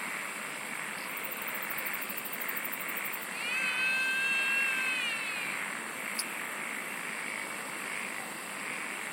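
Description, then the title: A continuous insect chorus with high pulsed trills, joined midway by a clear tonal, slightly wavering call lasting about two seconds, then a brief click. "SINGING OF INSECTS"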